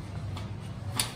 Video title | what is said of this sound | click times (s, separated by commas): Sports Cycle Wholesale Market in Karkhano Marker Peshawar - Pakistani Largest Cycle wholesale market | shock lock है, ये देखिए आप, ये अब लॉक हो गया, ठीक है। | 1.0 s